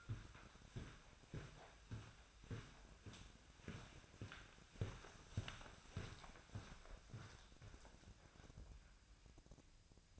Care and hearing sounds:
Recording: daily activity, microphone in the room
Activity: walk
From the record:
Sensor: 2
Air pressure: 1009.1 hPa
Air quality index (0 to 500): 180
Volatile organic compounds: 3 ppm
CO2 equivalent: 1317 ppm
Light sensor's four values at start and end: 48/123/53/59 and 49/125/54/59

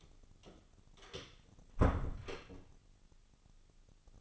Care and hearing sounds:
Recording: daily activity, microphone in the room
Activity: close door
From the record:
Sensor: 4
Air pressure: 996.9 hPa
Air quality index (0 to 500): 52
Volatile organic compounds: 1 ppm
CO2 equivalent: 866 ppm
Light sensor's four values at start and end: 19/44/18/18 and 19/45/18/19

